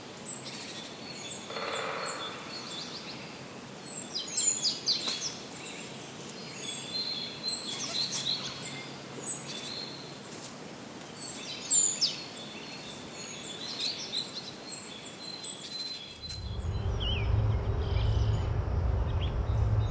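Natural outdoor sounds: birds chirp and tweet in quick, bright bursts over a quiet, airy background for most of the clip. Near the sixteen-second mark the scene cuts abruptly to a steady low rumble, and the birdsong nearly disappears.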